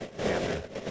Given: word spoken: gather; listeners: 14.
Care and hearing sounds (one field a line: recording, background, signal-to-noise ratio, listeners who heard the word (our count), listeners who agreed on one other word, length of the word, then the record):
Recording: one English word in noise, from a listening test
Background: noise modulated by three-talker babble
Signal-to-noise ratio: -6.3 dB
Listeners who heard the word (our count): 4 of 14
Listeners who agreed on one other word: 10 of 14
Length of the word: 0.51 s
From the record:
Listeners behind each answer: 10, 4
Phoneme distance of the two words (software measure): 27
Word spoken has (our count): 2 syllables, 5 phonemes, stress on syllable 1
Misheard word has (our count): 3 syllables, 6 phonemes, stress on syllable 1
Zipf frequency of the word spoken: 4.29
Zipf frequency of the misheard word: 4.83